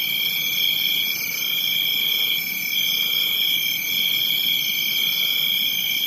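Crickets chirping in a dense, steady chorus of high-pitched trills, with one layer pulsing on and off roughly every second over a constant shrill background.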